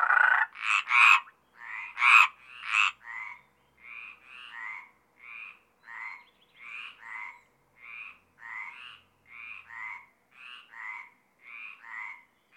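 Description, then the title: Mediterranean tree frog croaks, a few loud overlapping calls first, then a steady series of softer rasping croaks. Mediterranean tree frogs recorded at Apt, Vaucluse, France, in June 2010. "Sylvain Jaskowiak. Rainettes méridionales - Apt, Vaucluse - juin 2010"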